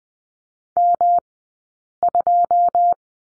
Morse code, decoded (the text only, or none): M2